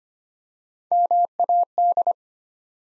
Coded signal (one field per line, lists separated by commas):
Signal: Morse code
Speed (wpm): 25 wpm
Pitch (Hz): 700 Hz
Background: none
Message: MAD